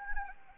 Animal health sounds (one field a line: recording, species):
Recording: mosquito wingbeat signal from an infrared sensor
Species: Anopheles arabiensis